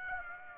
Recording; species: mosquito wingbeat signal from an infrared sensor; Aedes aegypti